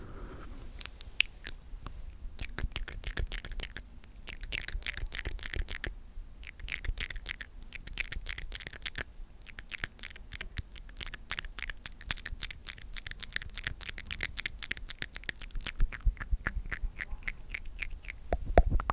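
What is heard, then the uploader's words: Wet mouth sounds: rapid, sharp clicks and smacks crowd together almost without pause for the whole stretch, crisp and bright on top. Brief lulls break the flow near two, six and nine seconds, and the clicking thickens and grows louder toward the end. ASMR The MOST Extreme MOUTH Sounds For TINGLE Immunity & Sleep.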